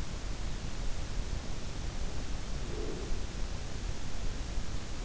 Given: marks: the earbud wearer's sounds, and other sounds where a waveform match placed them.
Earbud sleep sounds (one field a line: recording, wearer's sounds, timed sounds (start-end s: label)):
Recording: sounds in sleep by an in-ear microphone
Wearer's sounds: breath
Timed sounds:
2.02-3.64 s: breath